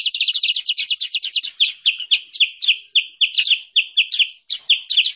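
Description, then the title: Sooty-headed bulbul song opening with a rushed run of chirps, then slowing into spaced, clear, slightly slurred notes. Indonesian masteran training and lure (pikat) recording used for trapping or teaching songbirds. "Masteran Kutilang Sutra. suara pikat burung kutilang sutra"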